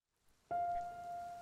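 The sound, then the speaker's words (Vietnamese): A sudden evening thunderstorm: heavy rain and wind pour down in a dense, steady roar that starts abruptly after a brief quiet, a thin sustained tone humming faintly through the downpour. No one speaks. “Tới tối trời đột nhiên nổi cơn giông, mưa gió ầm ầm, mãi tới tận khuya mới tạnh.”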